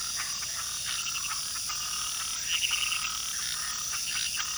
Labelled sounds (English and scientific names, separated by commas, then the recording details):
none
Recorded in pastures near Puerto Asís, Putumayo, Colombia, on 18 February 2024 at 00:00
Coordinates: 0.466, -76.323
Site G6384